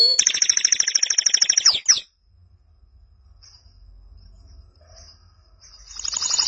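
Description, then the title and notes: Canary song: a fast buzzy trill for about two seconds, then near quiet with low hum before faint trilling resumes at the end. "BM Suara Kenari. BM Suara Burung Kenari"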